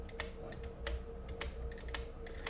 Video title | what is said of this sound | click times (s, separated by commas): 手把手保姆级变形指示，变形金刚FT2 0感知器 | 而且有防呆的机制啊，就是说你转到头的话，你再拧只会听到嘎哒嘎哒的弹簧撞击音，就是说它会有一个防呆的设计，防误撞吧。 | 0.2 s, 0.5 s, 0.9 s, 1.4 s, 2.0 s, 2.5 s